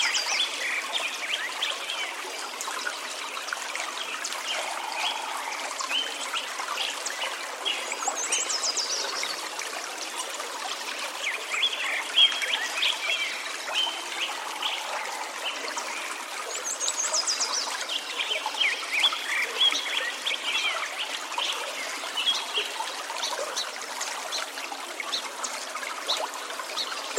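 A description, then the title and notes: Early morning beside the Upper McCloud River: a steady, dense rush of water fills the whole clip with a hissing, trickling texture and no low rumble. Faint bird calls and chirps surface now and then, with brief rising sweeps around 9 and 17 seconds. An early morning recording beside the Upper McCloud River in Shasta-Trinity National Forest in Siskiyou County, California. Recorded on International Dawn Chorus Day. This recording, free from human interaction, was created by Audio Artist Kelly Rafuse with a Wildtronics Stereo Ambient Array Microphone to a Zoom F6.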